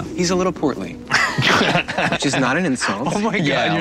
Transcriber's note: laughter